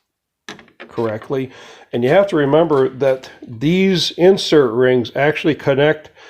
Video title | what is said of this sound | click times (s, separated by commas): 2020 jeep compass inner grill and insert removal and replacement | on different sides so you got to make sure you get those locked into place | 0.5 s